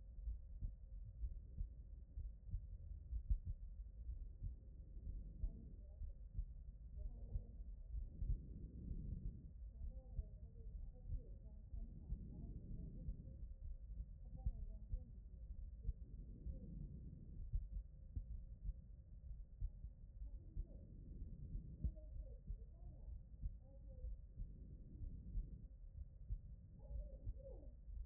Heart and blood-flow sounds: heart sounds by stethoscope; tricuspid valve (TV)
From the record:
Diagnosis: non-HFrEF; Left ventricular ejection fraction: 62%

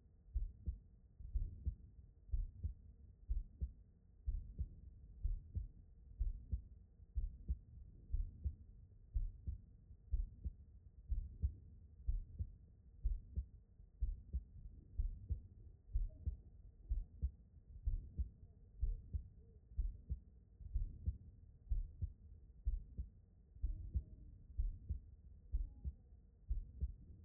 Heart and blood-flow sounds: heart sounds by stethoscope; aortic valve (AV)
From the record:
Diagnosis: non-HFrEF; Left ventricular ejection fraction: 59%

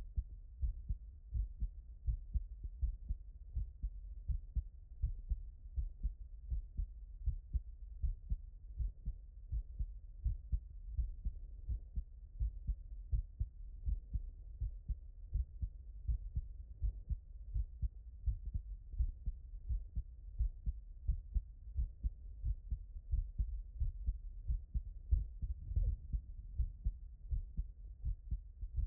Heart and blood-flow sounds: heart sounds by stethoscope; tricuspid valve (TV)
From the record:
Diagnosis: non-HFrEF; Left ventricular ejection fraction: 58%

